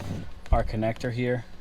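Someone talks while lining up the tweeter's plastic connector with the door's tweeter connector on a 2007–2013 second-generation Acura MDX during a speaker upgrade. A brief thump is heard near 0.5 s amid the talking. The connector has not clicked or seated yet.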